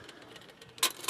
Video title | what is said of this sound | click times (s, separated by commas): Emberlit FireAnt | and then just push it down level until it snaps in. And as you can see, | 0.8 s